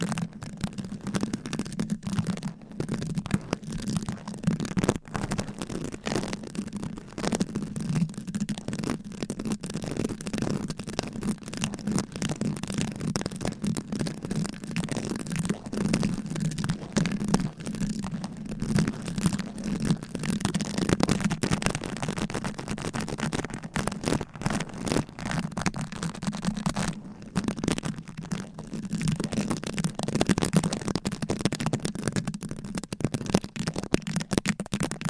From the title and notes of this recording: ASMR Fast & Aggressive Tapping & Scratching with Different Mics Items & Nails No Talking.